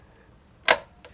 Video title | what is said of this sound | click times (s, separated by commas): 2008-2012 Ford Escape Wheel Speed Sensor Replacement | like that we're going to lock our grommet in it should snap into place you'd hear it click just | 0.7 s